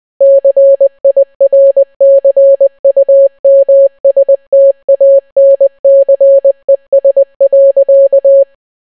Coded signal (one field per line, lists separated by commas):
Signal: Morse code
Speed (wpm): 20 wpm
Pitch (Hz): 550 Hz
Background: none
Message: CIRCUMSTANCES.